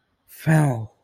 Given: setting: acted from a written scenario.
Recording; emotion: vocal sound without words; relief